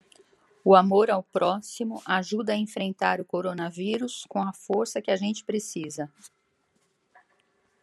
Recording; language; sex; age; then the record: spoken sentence; Brazilian Portuguese; female; 60 to 69 years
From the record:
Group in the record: control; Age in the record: 68 years